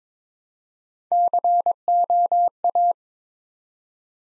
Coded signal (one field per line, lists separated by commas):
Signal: Morse code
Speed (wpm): 23 wpm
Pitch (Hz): 700 Hz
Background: none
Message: COA